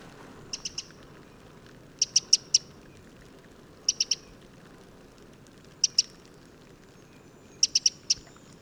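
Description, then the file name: Eurasian wren ticking calls, hard clicks in short bursts at uneven intervals, with quiet low background noise between them. "Troglodytes troglodytes"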